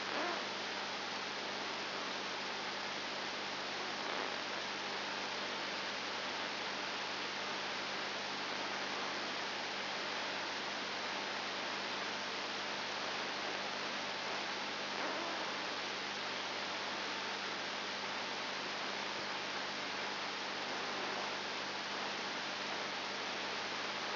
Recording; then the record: brain microelectrode recording played as sound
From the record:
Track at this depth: outside the subthalamic nucleus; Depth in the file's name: 6.7 mm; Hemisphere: left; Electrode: 2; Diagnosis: Parkinson's disease